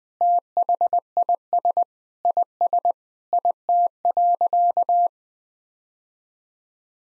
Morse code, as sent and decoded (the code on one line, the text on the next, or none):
- .... .. ... / .. ... / .. - .-.-.-
THIS IS IT.